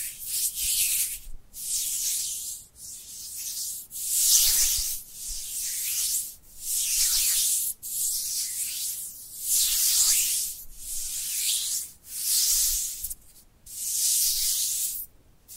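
Dry hands rub together in a steady back-and-forth rhythm, each stroke a bright, papery hiss lasting about a second. Roughly eleven strokes pass in sixteen seconds, separated by brief near-silent gaps, with little low sound underneath.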